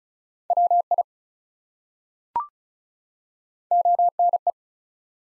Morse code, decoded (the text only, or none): WI ONE